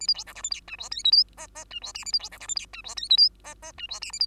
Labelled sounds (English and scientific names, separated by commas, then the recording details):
Bengalese Finch (Lonchura striata domestica) song
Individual Bird2